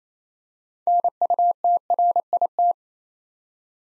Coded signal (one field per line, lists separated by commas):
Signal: Morse code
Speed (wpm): 27 wpm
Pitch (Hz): 700 Hz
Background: none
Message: NUTRIT